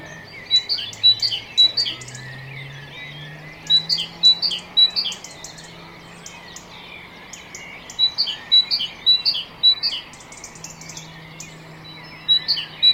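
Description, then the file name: Great tit giving bursts of high, sharp repeated notes separated by quiet gaps, with a low droning hum underneath. "Parus major"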